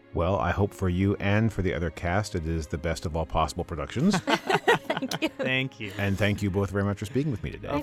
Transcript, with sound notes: Well, I hope for you and for the other cast, it is the best of all possible productions.
[laughter] Thank you.
[laughter] Thank you.
And thank you both very much for speaking with me today.